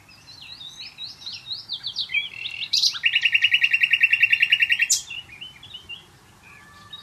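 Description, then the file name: Common nightingale song: varied high chirps and slurred whistles, then a loud rapid rattle of repeated notes for about two seconds, ending in a sharp burst and soft notes. "Luscinia megarhynchos"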